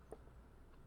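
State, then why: Torque reached. A click-type torque wrench with an 8 mm socket tightens the ignition coil hold-down bolt in the engine cylinder head of an S197 Mustang to 53 inch-pounds. A single short, sharp click sounds at 0.1 s as the wrench reaches its setting, then only low background noise follows. No one talks in the clip.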